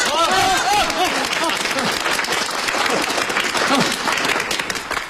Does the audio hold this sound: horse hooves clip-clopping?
no